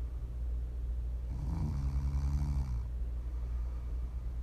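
A single low, buzzing snore lasts about one and a half seconds, a rattling vibration on the in-breath, set against steady low background hum. This is ordinary snoring from a sleeping adult woman, caused by soft tissue of the throat vibrating as air passes.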